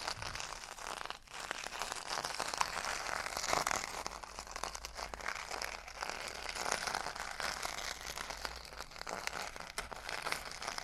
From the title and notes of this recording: TimASMR-Metal Scrubbers Crunchy Crinkles, Rolling, and Squeezing Triggers (NO TALKING).